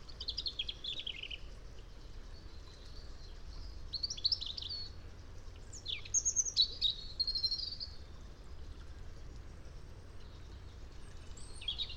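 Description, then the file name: European robin song: scattered, thin high warbles and sliding whistles in several short bursts, rather faint against a steady low rumble of background noise. "Erithacus rubecula"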